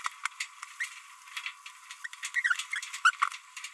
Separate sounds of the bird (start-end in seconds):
0.80-0.88, 2.04-2.07